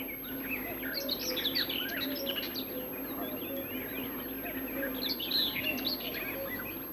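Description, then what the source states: Eurasian blackcap song: a quick run of varied chattering and warbled high notes in bursts, over a low steady hum. Described as one of the best forest songbirds.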